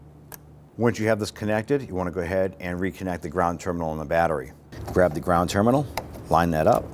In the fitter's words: don't forget to press that red lock tab in.